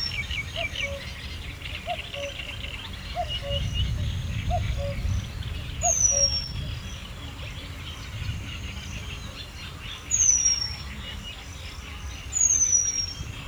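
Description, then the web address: Eurasian penduline tit calls: long, thin, falling whistles three times from the middle onward, after soft repeated two-note hoots and amid a busy background bird chorus. Hortobágy National Park, 2 May 2013; penduline tit calling persistently, with common cuckoo and other species. "allathangok hortobagyinemzetipark 2013. fuggocinege kakukk hosszantartoanfuggocinege esmasok 2013 majus 02"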